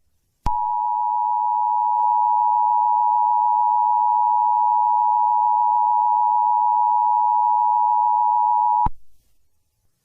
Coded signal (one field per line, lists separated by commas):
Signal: Emergency Alert System (SAME) tones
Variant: 853 and 960 Hz attention tone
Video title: Nickbrian (A tiktok eas scenario)